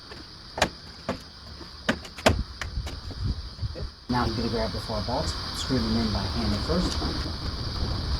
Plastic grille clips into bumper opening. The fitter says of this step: Line up the grill and push it in. You should hear a click sound.